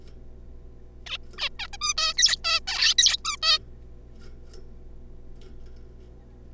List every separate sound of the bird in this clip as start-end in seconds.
1.06-1.17, 1.38-1.49, 1.59-1.67, 1.73-1.76, 1.81-1.94, 1.97-2.14, 2.17-2.37, 2.44-2.60, 2.98-3.17, 3.25-3.36, 3.42-3.58